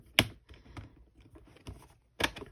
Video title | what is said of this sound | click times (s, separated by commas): Laurel Denise Fall Accessories 2024 release | And so again, it just pops right in there. | 0.2 s